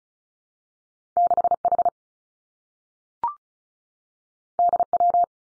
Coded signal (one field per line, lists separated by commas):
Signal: Morse code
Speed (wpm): 36 wpm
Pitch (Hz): 700 Hz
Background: none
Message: 6 H D W